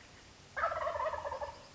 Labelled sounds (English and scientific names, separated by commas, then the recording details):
Wild Turkey (Meleagris gallopavo)
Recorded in Sonoma County, California